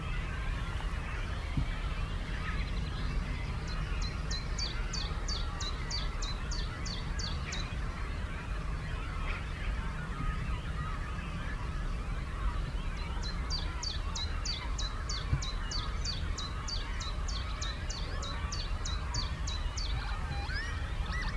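Cormorant chicks squeak and chatter constantly through a dense wash of bird calls over a steady low rumble. A chiffchaff's repeated, evenly spaced chiff-chaff notes ring out bright above the crowd twice, around four to seven seconds and again from thirteen to twenty.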